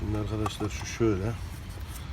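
A removed engine-bay component is being handled into its mount on a car that won't run after driving into a water puddle, with its tab lined up to its slot. Someone talks over faint background noise. Nothing has seated or clicked yet; the part is not yet home.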